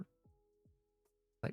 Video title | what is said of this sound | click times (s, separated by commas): [Build & Chat] Bandai 1/72 X-Wing Starfighter [Part 1] | like all they click in place when you close them | 1.4 s